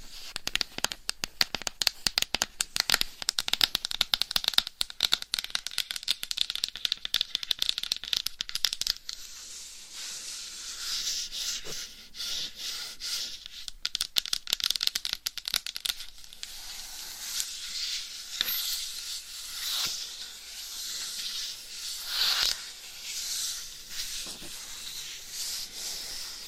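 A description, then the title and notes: Scratching and rubbing on a dummy head mic. For the first nine seconds, quick dense scratches and taps crackle in rapid bursts. After that it turns into a steadier, hissing rub that swells and eases, with only occasional sharp taps. ASMR Binaural Dummy Head Mic Scratching , Massage & Tapping Hypnotic Asmr No Talking.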